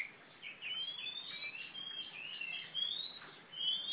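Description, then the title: Oriental magpie-robin singing sliding, whistled phrases that rise and fall in quick succession, over faint hiss. Female competition bird of the poci type, black, a national first-place champion from East Java, described as a fighting bird that sings constantly (gacor). "Kacer Juara 1 Nasional gacor kacer juara nasional jawa timur kacer tarung betina poci gacor hitam"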